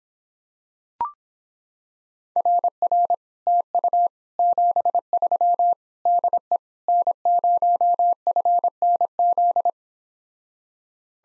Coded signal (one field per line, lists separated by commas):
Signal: Morse code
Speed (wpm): 26 wpm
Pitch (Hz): 700 Hz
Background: none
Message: RR TU 73 DE N0FNZ